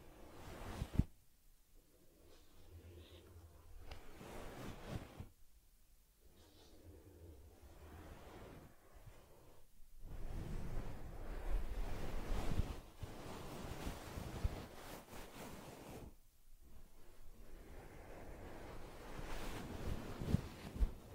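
Teddy bear care with soft, airy rubbing and brushing strokes that swell and fade in long passes, broken by short pauses around 1, 5, 10 and 16 seconds. Occasional sharp little clicks cut through, over a faint low hum early on.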